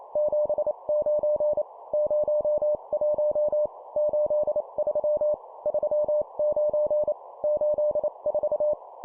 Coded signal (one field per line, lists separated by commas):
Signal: Morse code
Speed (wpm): 28 wpm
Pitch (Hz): 600 Hz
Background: none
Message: 79 01 83 39 84